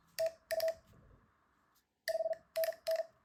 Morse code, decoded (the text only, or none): TU 5NN